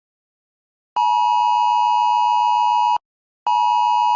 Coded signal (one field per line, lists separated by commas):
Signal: Emergency Alert System (SAME) tones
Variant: 853 and 960 Hz attention tone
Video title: Channel 75 TV - Channel 73 TV - Emergency Alert System Test [July 6, 2026]